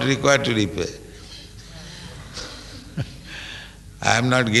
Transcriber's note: chuckles